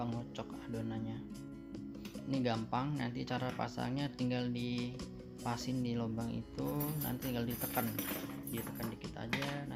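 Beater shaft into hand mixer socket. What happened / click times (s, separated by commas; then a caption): The mixer beater clicked into its socket / 9.3 s. A stainless steel beater is pushed into its hole in the plastic body of a silver Sekai MX 681 H 180-watt hand mixer, with music playing and someone talking. A sharp click is heard at 9.3 s as the beater seats in the socket, locking it in so it will not come loose again.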